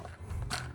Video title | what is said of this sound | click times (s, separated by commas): How to Rebuild a Toilet the Right Way | and twist it to lock it. | 0.4 s, 0.5 s